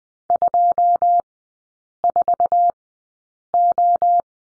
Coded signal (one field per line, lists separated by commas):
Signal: Morse code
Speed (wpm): 20 wpm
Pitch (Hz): 700 Hz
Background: none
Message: 24O